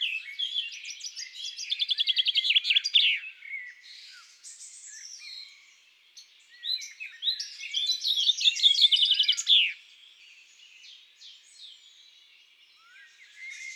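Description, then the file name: Common chaffinch song, two full strophes of rapidly repeated notes ending with a flourish, separated by softer calls from other birds. In woods and forests. "Pinson des arbres Chants doiseaux des bois et des forets"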